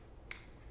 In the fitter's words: it just snaps